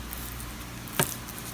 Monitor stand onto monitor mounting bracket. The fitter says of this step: and I'm gonna slide him on and he should make a little click sound too